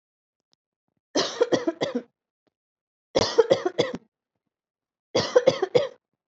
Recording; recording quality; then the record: heavy voluntary cough; excellent, no background noise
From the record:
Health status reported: COVID-19 positive, no symptoms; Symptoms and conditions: none ticked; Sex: female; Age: 23 years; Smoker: not ticked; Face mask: worn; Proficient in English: yes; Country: India